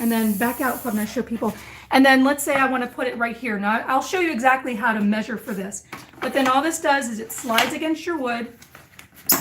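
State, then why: Seated. A straight-edge clamp guide slides against a wood board and is clamped down onto it while someone talks. Small sliding sounds near 8.8 s and 9.0 s lead to a loud, sharp clack at 9.3 s as the clamp edge locks onto the board.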